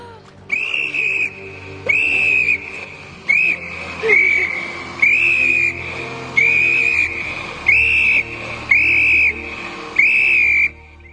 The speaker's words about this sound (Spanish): Se lo quita y silba temblorosa. El oficial del bote la oye.